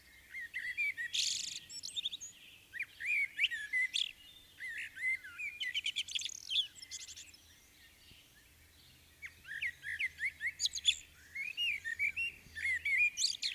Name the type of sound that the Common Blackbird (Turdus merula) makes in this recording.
song